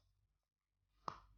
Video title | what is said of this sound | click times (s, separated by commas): Ide kreatif, Dari Lampu LED Rusak Menjadi Alat Berguna | Ini. Nah, tuh sampai bunyi klik. Nah, sama, udah buka. | 1.1 s